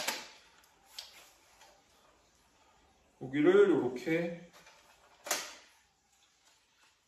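A plastic part of a spray mop is handled and pressed toward its slot on the mop head, with short sharp handling sounds near 0.1, 1.0 and 5.3 seconds and someone talking in the middle. The part has not seated or clicked yet.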